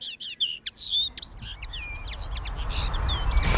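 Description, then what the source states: Common Linnet song, lively twittering phrases with quick trills and buzzy notes, growing fainter toward the end over a low background rumble. Linnet singing from a very low twig, described as the most cheerful sound of the day; bird has a pink-red cap and breast.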